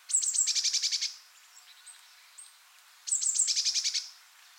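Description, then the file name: Eurasian blue tit giving thin, very high notes that run into a fast buzzy trill of about ten notes. The phrase repeats after roughly two seconds of quiet, with faint high chips between. "Cyanistes caeruleus"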